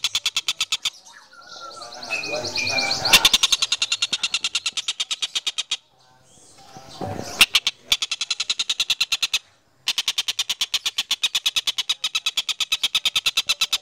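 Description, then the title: Sunbird song: long rapid ticking trills running through most of the recording, broken by short gaps, with softer warbled notes and brief noisy patches. Kolibri Ninja song, melodious, clear and loud, suited as masteran for training cage birds. "Suara Kolibri Ninja Pilihan MERDU, JELAS DAN LANTANG Cocok Dijadikan Masteran Burung Anda"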